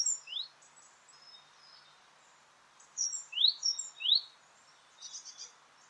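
Great tit with a few high, thin rising notes paired with short higher tones, heard over a faint background hiss.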